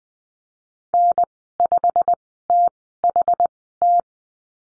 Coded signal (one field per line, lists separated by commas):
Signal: Morse code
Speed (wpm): 20 wpm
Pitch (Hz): 700 Hz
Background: none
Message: N5THT